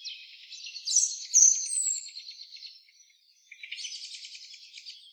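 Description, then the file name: European robin: songbird song: a buzzy, rapidly pulsed high trill sustained for seconds, with sharp whistles over it, a short pause, then another pulsed trill. "Erithacus rubecula"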